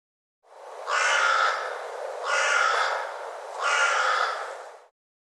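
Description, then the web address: Bird calling three harsh, drawn-out, crow-like caws, each lasting over a second with only brief dips between, against a silent background. "cianscape birddata"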